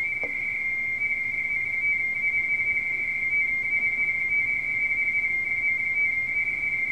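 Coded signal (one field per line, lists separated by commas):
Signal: RTTY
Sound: continuous warbling two-tone chatter switching rapidly between two close high pitches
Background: radio static, low hum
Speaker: 's a typical radio teletype mess.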